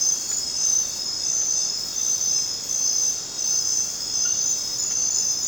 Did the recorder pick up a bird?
no